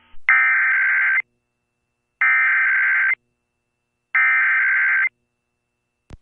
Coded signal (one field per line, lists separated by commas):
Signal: Emergency Alert System (SAME) tones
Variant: header bursts